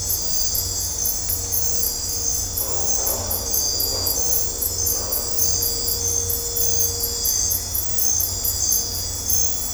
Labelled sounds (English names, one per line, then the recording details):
none
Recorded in dense forest near Puerto Asís, Putumayo, Colombia, on 22 December 2024 at 23:30
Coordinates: 0.503, -76.323
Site G043